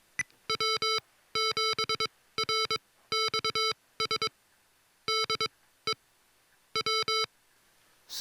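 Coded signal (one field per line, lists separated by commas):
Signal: Morse code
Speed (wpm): 22 wpm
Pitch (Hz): 1320 Hz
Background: music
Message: W7RXS DE W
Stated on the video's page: Morse sent by a Mr. Rags Macro Keyer kit, demonstrating its modes and special features.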